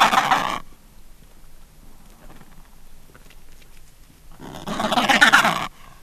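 Adelie penguin giving two harsh, raspy bursts, a short one at the start and a longer one near the end, separated by a few seconds of quiet background.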